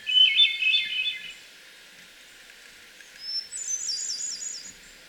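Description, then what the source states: Hermit thrush song: two flute-like phrases of fluttering whistles separated by a pause, the second higher. Twelve songs.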